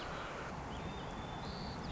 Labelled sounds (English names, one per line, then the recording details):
White-crowned Sparrow
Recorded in Sonoma County, California